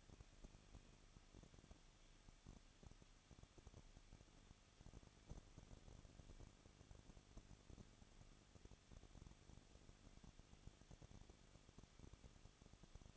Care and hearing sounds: daily activity, microphone in the room; no activity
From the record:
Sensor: 4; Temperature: 23.1 degrees Celsius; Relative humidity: 34.3%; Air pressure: 1007.2 hPa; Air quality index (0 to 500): 214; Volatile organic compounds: 14 ppm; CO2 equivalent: 2463 ppm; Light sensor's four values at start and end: 2/3/1/1 and 2/3/1/1

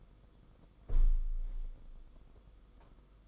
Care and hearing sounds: daily activity, microphone in the room; close window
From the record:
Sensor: 5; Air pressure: 990.5 hPa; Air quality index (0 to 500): 164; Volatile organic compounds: 301 ppm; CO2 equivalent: 4484 ppm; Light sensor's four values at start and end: 17/40/16/18 and 17/40/16/18

